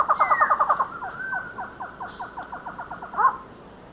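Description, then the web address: Castelnau's antshrike giving a fast run of hollow, slightly hooting notes, loud at first, then a softer, steadier series with a brief overlapping burst near the end. Calls and a duet recorded in the eastern lowlands of South America. "Natures Songs S America Eastern Lowlands. Thamnophilus cryptoleucus, calls and duet"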